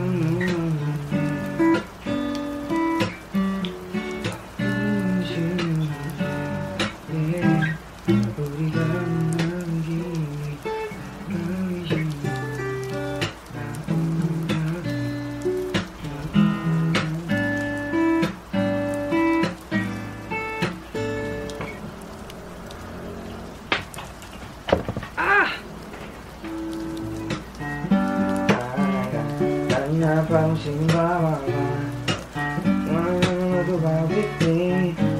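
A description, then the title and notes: Someone strums a guitar and sings a wavering melody over steady rain patter, with a brief quieter lull around the middle before the song resumes. Playing the guitar and singing while it's raining.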